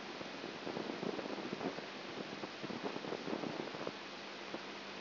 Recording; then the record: brain microelectrode recording played as sound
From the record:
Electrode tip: outside the subthalamic nucleus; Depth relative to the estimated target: -6 mm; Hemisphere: left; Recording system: AlphaMap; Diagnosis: Parkinson's disease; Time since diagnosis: 7 years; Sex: female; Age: 55 years